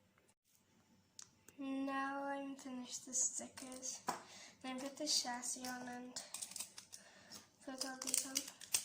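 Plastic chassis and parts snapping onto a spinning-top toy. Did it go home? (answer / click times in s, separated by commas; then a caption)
no / none. Someone talks while handling a Beyblade spinning-top toy after finishing its stickers, getting ready to fit the plastic chassis and other plastic parts onto it. Brief light plastic taps and rattles are heard between the talking. Nothing has seated or clicked into place yet.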